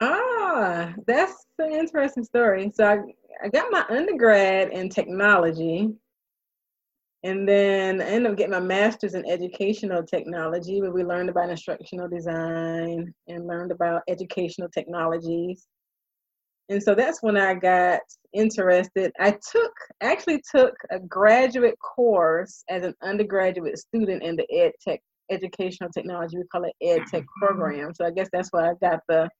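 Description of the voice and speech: An adult woman who stutters talks about her education in mostly fluent speech, broken by stretched sounds such as a drawn-out "ah" and "I", prolonged sounds within "design", and long silent pauses. Abrupt glottal starts on vowel-initial words fit mild stuttering, which began in high school with disfluencies on vowel sounds; she covertly stuttered most of her life and now stutters openly.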